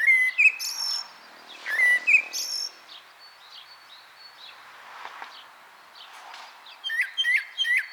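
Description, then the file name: Common blackbird song, short fluty phrases each ending in squeaky high twitters, separated by quieter gaps, with a final burst of rapid high chirps. "Turdus merula"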